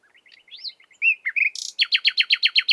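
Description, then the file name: Common nightingale song: soft scattered notes, a rising whistle and a short buzzy burst, then a rapid series of loud, descending repeated notes. "Luscinia megarhynchos"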